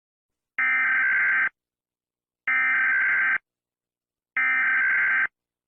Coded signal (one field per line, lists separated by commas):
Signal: Emergency Alert System (SAME) tones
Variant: header bursts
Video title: (Valentine's Special 2) EAS Short Scenario 12 - The Valentine's Strike